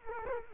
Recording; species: mosquito wingbeat signal from an infrared sensor; Culex quinquefasciatus